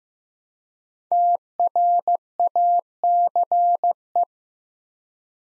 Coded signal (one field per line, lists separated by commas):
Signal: Morse code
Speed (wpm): 15 wpm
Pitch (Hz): 700 Hz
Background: none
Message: TRACE